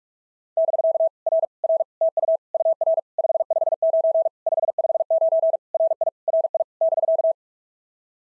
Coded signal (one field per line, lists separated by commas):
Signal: Morse code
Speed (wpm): 42 wpm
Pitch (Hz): 660 Hz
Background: none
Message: <BK> R R TU UR 559 559 RI RI <BK>